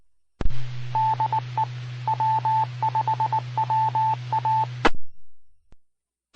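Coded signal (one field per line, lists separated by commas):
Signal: Morse code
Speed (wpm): 19 wpm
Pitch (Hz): 880 Hz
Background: none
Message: DE W5WA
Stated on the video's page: Repeater signal from Mississippi Gulf Coast repeaters.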